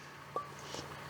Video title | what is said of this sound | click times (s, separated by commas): MX5 VVTurbo - #6 Cylinder Head Preparation | until you hear a click | 0.4 s